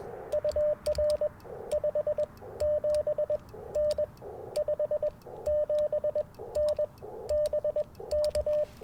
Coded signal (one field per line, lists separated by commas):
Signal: Morse code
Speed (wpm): 21 wpm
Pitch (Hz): 600 Hz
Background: radio noise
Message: UR 57N 57N BK